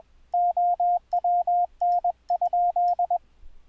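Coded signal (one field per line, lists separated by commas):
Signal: Morse code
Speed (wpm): 21 wpm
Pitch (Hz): 700 Hz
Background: radio noise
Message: OWN?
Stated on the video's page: Audio CW sidetone sent over the internet using Mumble, not radio, full QSK.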